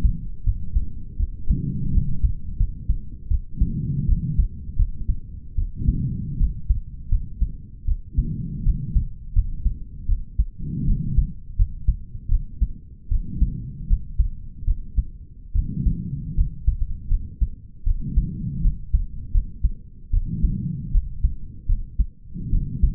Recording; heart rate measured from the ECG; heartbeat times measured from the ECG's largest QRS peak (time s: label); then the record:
heart sounds by stethoscope; 79 bpm
0.44 s: heartbeat
1.17 s: heartbeat
1.92 s: heartbeat
2.57 s: heartbeat
3.29 s: heartbeat
4.07 s: heartbeat
4.77 s: heartbeat
5.56 s: heartbeat
6.38 s: heartbeat
7.09 s: heartbeat
7.86 s: heartbeat
8.64 s: heartbeat
9.34 s: heartbeat
10.07 s: heartbeat
10.85 s: heartbeat
11.56 s: heartbeat
12.29 s: heartbeat
13.09 s: heartbeat
13.88 s: heartbeat
14.65 s: heartbeat
15.53 s: heartbeat
16.35 s: heartbeat
17.09 s: heartbeat
17.84 s: heartbeat
18.62 s: heartbeat
19.32 s: heartbeat
20.11 s: heartbeat
20.92 s: heartbeat
21.66 s: heartbeat
22.50 s: heartbeat
From the record:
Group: healthy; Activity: rest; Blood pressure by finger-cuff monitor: 97/70 mmHg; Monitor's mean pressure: 78 mmHg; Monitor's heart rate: 78 bpm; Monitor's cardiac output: 5.7 L/min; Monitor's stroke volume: 72 mL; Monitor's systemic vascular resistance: 990 dyn s/cm5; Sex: male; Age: 20 years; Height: 187 cm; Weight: 68.9 kg